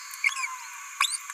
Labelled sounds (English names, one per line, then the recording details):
Green-rumped Parrotlet babbling
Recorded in a nest box in Venezuela
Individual 18B17A4